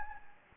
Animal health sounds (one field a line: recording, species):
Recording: mosquito wingbeat signal from an infrared sensor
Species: Anopheles gambiae